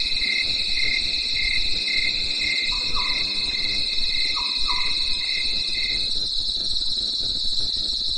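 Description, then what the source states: Cricket chirping: a steady high-pitched trilling drone, with a pulsed lower trill for the first six seconds and a few short whistled notes at about three and four-and-a-half seconds. Crickets chirping at night in the mountains.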